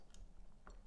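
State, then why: Not seated. A camera plate on a FeiyuTech AK2000S gimbal, slid as far back as possible to balance a long Sony 24-105 mm lens, is handled at the mount's locking latch, producing two brief soft ticks at about 0.1 s and 0.7 s over low background rumble. The clip ends just before the latch closes; nothing has seated or clicked yet.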